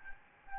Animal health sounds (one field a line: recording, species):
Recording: mosquito wingbeat signal from an infrared sensor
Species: Aedes albopictus